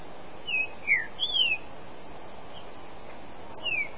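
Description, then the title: Green-winged saltator song: a few short clear whistled slurs, mostly falling, spaced irregularly over steady low background hiss. "Trinca Ferro"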